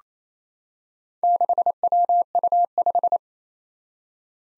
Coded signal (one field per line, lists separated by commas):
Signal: Morse code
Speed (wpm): 27 wpm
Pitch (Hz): 700 Hz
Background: none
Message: 6WU5